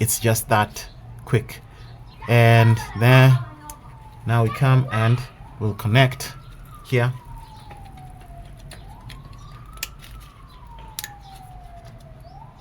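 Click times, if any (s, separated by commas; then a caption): 11.0 s. A repaired plastic wiring connector on a 2005 Toyota Caldina is plugged onto its mating connector on the vehicle while someone talks and a rising-and-falling tone plays in the background. Several small taps follow, and the latch catches with a sharp click at 11.0 s, showing the connector is seated.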